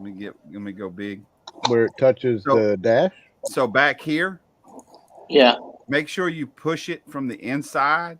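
A clear plastic window glass piece is pushed from the inside into a plastic scale model car body, where it touches the dash at the back. Someone talks throughout, with a few faint short taps around 4.6–5.1 s. Nothing has seated or clicked yet.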